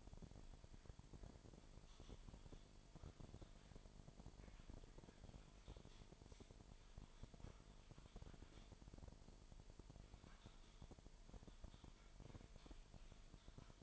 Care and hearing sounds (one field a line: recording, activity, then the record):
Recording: daily activity, microphone in the room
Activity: typing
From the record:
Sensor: 5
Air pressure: 1002.1 hPa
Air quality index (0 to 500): 228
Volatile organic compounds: 30 ppm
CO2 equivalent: 2960 ppm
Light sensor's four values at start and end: 10/24/10/11 and 10/24/10/11